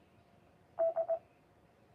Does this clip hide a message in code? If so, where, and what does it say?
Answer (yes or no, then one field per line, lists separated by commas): no